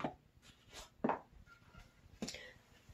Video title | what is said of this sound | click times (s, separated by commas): Firearms For Beginners - You're Gonna Need a Holster | If you heard that click, it's in there now. | 1.0 s, 1.1 s